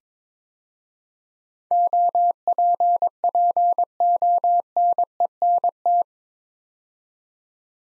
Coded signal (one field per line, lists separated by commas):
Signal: Morse code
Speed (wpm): 22 wpm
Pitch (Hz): 700 Hz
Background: none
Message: OPPONENT